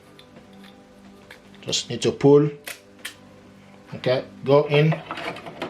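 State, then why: Not seated. A tri-color ink cartridge for an HP ENVY Inspire 7220e all-in-one printer is handled after its tape is pulled, on its way into the printer carriage slot. Someone talks while small handling clicks and taps come through at about 0.2, 1.3, 3.1 and 5.6 seconds. Nothing has seated or clicked into place yet.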